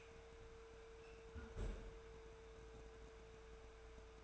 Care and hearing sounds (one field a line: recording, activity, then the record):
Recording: daily activity, microphone in the room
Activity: close fridge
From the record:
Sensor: 2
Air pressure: 1014.8 hPa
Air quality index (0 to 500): 194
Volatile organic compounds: 17 ppm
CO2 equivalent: 2571 ppm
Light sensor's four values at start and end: 26/64/28/31 and 26/64/28/31